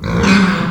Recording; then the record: squeal of a Yucatan mini pig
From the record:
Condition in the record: after surgery on the right vocal fold (resection and tissue-engineered implant); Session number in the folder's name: 16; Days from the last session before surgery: 183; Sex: female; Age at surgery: 19 weeks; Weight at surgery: 25 kg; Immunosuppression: prednisolone